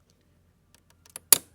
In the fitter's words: There it goes. You hear that click, it